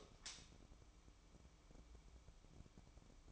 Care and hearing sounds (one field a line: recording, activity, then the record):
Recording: daily activity, microphone in the room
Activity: light on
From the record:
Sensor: 1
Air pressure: 1008.0 hPa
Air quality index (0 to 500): 125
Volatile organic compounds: 2 ppm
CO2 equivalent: 1054 ppm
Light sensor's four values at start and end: 11/25/10/11 and 15/40/16/18